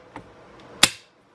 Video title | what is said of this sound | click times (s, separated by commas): California compliant AR 15: The fightlite SCR featurless AR 15 | tension on it and it snaps right into place like so there | 0.8 s